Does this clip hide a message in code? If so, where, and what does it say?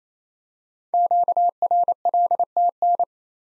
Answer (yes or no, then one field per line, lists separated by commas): yes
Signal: Morse code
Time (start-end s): 0.9-3.0 s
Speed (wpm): 28 wpm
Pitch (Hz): 700 Hz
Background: none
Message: QRLTN